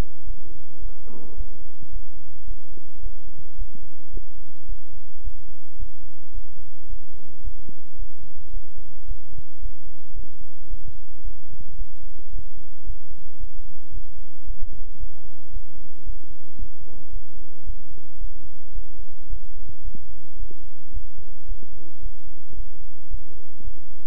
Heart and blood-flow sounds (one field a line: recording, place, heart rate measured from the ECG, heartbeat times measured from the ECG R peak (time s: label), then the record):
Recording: heart sounds by stethoscope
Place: between the tricuspid and mitral areas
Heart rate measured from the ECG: 110 bpm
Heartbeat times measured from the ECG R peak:
0.25 s: heartbeat
0.80 s: heartbeat
1.35 s: heartbeat
1.90 s: heartbeat
2.45 s: heartbeat
3.01 s: heartbeat
3.56 s: heartbeat
4.11 s: heartbeat
4.66 s: heartbeat
5.22 s: heartbeat
5.77 s: heartbeat
6.32 s: heartbeat
6.87 s: heartbeat
7.42 s: heartbeat
7.96 s: heartbeat
8.51 s: heartbeat
9.06 s: heartbeat
9.60 s: heartbeat
10.14 s: heartbeat
10.68 s: heartbeat
11.22 s: heartbeat
11.76 s: heartbeat
12.30 s: heartbeat
12.84 s: heartbeat
13.38 s: heartbeat
13.92 s: heartbeat
14.45 s: heartbeat
14.98 s: heartbeat
15.51 s: heartbeat
16.04 s: heartbeat
16.57 s: heartbeat
17.10 s: heartbeat
17.64 s: heartbeat
18.19 s: heartbeat
18.73 s: heartbeat
19.27 s: heartbeat
19.82 s: heartbeat
20.37 s: heartbeat
20.92 s: heartbeat
21.46 s: heartbeat
22.00 s: heartbeat
22.55 s: heartbeat
23.08 s: heartbeat
23.62 s: heartbeat
From the record:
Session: bicycle stress test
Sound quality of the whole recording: good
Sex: male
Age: 26 years